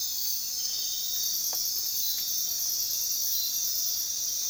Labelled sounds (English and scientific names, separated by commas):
none